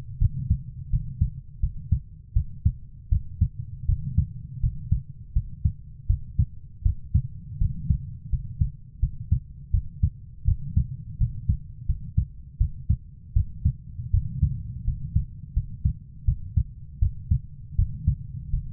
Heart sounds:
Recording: heart sounds by stethoscope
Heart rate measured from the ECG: 82 bpm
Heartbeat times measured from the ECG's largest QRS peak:
0.19 s: heartbeat
0.90 s: heartbeat
1.60 s: heartbeat
2.33 s: heartbeat
3.09 s: heartbeat
3.86 s: heartbeat
4.60 s: heartbeat
5.33 s: heartbeat
6.07 s: heartbeat
6.83 s: heartbeat
7.58 s: heartbeat
8.30 s: heartbeat
9.00 s: heartbeat
9.71 s: heartbeat
10.45 s: heartbeat
11.18 s: heartbeat
11.86 s: heartbeat
12.58 s: heartbeat
13.33 s: heartbeat
14.11 s: heartbeat
14.85 s: heartbeat
15.54 s: heartbeat
16.25 s: heartbeat
16.99 s: heartbeat
17.76 s: heartbeat
18.50 s: heartbeat
From the record:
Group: healthy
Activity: rest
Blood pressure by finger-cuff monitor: 119/70 mmHg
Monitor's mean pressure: 89 mmHg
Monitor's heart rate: 82 bpm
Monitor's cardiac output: 7 L/min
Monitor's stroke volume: 86 mL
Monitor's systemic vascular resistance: 930 dyn s/cm5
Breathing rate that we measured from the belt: 17 breaths a minute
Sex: female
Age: 24 years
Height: 163 cm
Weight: 55.7 kg

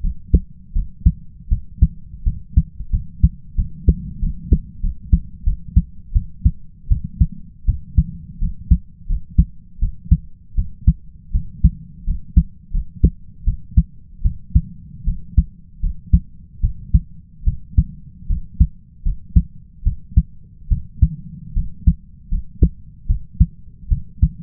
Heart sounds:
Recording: heart sounds by stethoscope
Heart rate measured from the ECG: 80 bpm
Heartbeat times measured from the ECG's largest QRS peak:
0.01 s: heartbeat
0.73 s: heartbeat
1.49 s: heartbeat
2.24 s: heartbeat
2.91 s: heartbeat
3.56 s: heartbeat
4.20 s: heartbeat
4.81 s: heartbeat
5.44 s: heartbeat
6.13 s: heartbeat
6.89 s: heartbeat
7.66 s: heartbeat
8.39 s: heartbeat
9.07 s: heartbeat
9.80 s: heartbeat
10.56 s: heartbeat
11.32 s: heartbeat
12.05 s: heartbeat
12.72 s: heartbeat
13.45 s: heartbeat
14.23 s: heartbeat
15.05 s: heartbeat
15.81 s: heartbeat
16.61 s: heartbeat
17.45 s: heartbeat
18.27 s: heartbeat
19.03 s: heartbeat
19.84 s: heartbeat
20.69 s: heartbeat
21.54 s: heartbeat
22.29 s: heartbeat
23.07 s: heartbeat
23.89 s: heartbeat
From the record:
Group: healthy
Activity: cold pressor test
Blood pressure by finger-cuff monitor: 107/76 mmHg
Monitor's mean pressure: 86 mmHg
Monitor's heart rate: 79 bpm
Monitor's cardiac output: 5.6 L/min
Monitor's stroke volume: 72 mL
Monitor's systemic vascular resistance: 1070 dyn s/cm5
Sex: male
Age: 20 years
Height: 167 cm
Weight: 61 kg

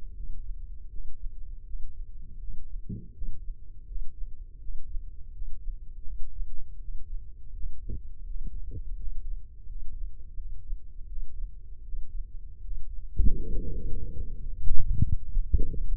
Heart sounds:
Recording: heart sounds by microphone in the left ear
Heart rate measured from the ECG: 82 bpm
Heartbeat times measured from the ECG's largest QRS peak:
0.13 s: heartbeat
0.88 s: heartbeat
1.63 s: heartbeat
2.37 s: heartbeat
3.12 s: heartbeat
3.85 s: heartbeat
4.58 s: heartbeat
5.31 s: heartbeat
6.03 s: heartbeat
6.78 s: heartbeat
7.52 s: heartbeat
8.24 s: heartbeat
8.95 s: heartbeat
9.65 s: heartbeat
10.35 s: heartbeat
11.06 s: heartbeat
11.82 s: heartbeat
12.60 s: heartbeat
13.39 s: heartbeat
14.11 s: heartbeat
14.77 s: heartbeat
15.41 s: heartbeat
From the record:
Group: healthy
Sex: male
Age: 35 years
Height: 178 cm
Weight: 64 kg

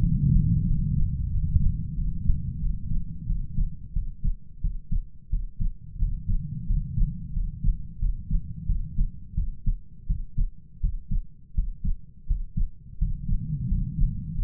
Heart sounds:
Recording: heart sounds by stethoscope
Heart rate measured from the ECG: 88 bpm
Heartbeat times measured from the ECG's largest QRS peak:
0.00 s: heartbeat
0.66 s: heartbeat
1.30 s: heartbeat
1.95 s: heartbeat
2.60 s: heartbeat
3.27 s: heartbeat
3.93 s: heartbeat
4.61 s: heartbeat
5.30 s: heartbeat
5.99 s: heartbeat
6.67 s: heartbeat
7.33 s: heartbeat
7.99 s: heartbeat
8.66 s: heartbeat
9.35 s: heartbeat
10.07 s: heartbeat
10.81 s: heartbeat
11.54 s: heartbeat
12.27 s: heartbeat
12.98 s: heartbeat
13.68 s: heartbeat
14.35 s: heartbeat
From the record:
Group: healthy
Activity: rest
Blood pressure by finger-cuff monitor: 119/79 mmHg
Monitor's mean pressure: 92 mmHg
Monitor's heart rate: 87 bpm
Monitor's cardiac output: 7.4 L/min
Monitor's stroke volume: 83 mL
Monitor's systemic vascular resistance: 910 dyn s/cm5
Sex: male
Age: 33 years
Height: 179 cm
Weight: 80.4 kg

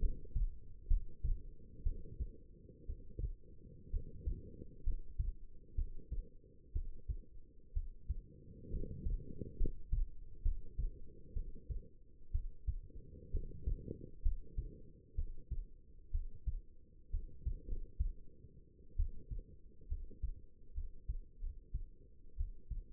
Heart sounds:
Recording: heart sounds by stethoscope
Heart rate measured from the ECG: 64 bpm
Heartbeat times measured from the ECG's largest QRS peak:
0.87 s: heartbeat
1.83 s: heartbeat
2.86 s: heartbeat
3.90 s: heartbeat
4.83 s: heartbeat
5.75 s: heartbeat
6.72 s: heartbeat
7.73 s: heartbeat
8.70 s: heartbeat
9.56 s: heartbeat
10.42 s: heartbeat
11.33 s: heartbeat
12.31 s: heartbeat
13.31 s: heartbeat
14.22 s: heartbeat
15.15 s: heartbeat
16.11 s: heartbeat
17.10 s: heartbeat
17.66 s: heartbeat
18.96 s: heartbeat
19.87 s: heartbeat
20.73 s: heartbeat
21.40 s: heartbeat
22.36 s: heartbeat
From the record:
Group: healthy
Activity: rest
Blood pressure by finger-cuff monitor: 113/69 mmHg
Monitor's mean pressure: 82 mmHg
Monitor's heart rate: 63 bpm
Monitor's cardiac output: 5.5 L/min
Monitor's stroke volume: 86 mL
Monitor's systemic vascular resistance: 1090 dyn s/cm5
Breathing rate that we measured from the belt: 13 breaths a minute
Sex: female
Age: 22 years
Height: 171 cm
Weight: 65.6 kg

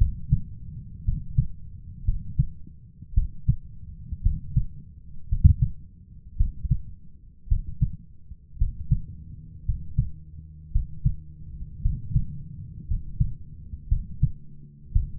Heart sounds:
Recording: heart sounds by stethoscope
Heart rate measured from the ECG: 56 bpm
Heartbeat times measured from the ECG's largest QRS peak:
1.04 s: heartbeat
2.04 s: heartbeat
3.13 s: heartbeat
4.22 s: heartbeat
5.28 s: heartbeat
6.36 s: heartbeat
7.47 s: heartbeat
8.57 s: heartbeat
9.64 s: heartbeat
10.71 s: heartbeat
11.81 s: heartbeat
12.86 s: heartbeat
13.87 s: heartbeat
14.91 s: heartbeat
From the record:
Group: healthy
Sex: male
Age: 23 years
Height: 178 cm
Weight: 96.6 kg

